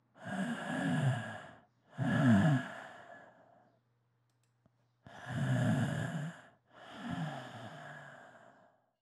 Long breath sounds.